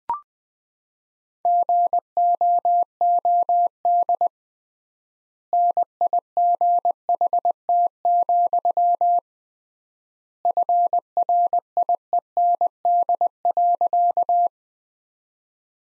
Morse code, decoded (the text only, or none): GOOD NIGHT, FRIEND.